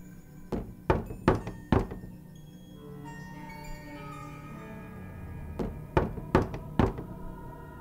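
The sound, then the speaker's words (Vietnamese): Someone knocks on a bedroom door in two bursts of four firm, hollow raps, with a quiet pause and a low steady hum between the sets. No one speaks. “Nằm chưa ấm chỗ, thì ở ngoài cửa bỗng vang lên tiếng gõ cửa buồng cô.”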